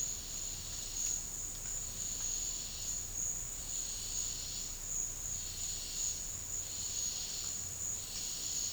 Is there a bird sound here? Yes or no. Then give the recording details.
no. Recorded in dense forest near Puerto Asís, Putumayo, Colombia, on 13 March 2025 at 13:30. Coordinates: 0.484, -76.325. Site G045